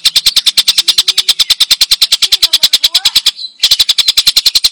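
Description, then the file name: Stork-billed kingfisher call: a loud, harsh, rapid rattle of evenly repeated notes, breaking off briefly near the end before resuming. "suara tengkek buto jernih"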